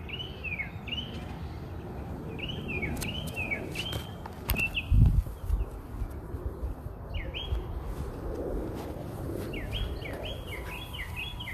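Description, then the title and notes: Birds singing, clear up-slurred chirps in short runs, with a pause and a thump midway, then more chirps, against quiet background noise. Recorded outside the narrator's house. "Bird Songs Part Two. More bird songs outside my house"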